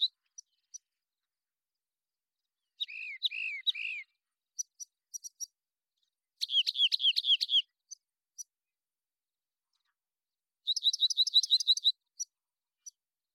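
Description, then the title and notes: Rock Wren song of varied phrases separated by pauses: three down-slurred notes, a rapid ringing trill, then a fast repeated series, with high chips between phrases. Long song sequence recorded in the Pacific Northwest, Washington, United States; isolated from a double mid-side recording, with natural pace and rhythm kept. "Rock Wren, Salpinctes obsoletus, long song sequence, isolated from Double mid-side original, natural pace and rhythm maintained Recorded in the beautiful Pacific Northwest, Washington, United States"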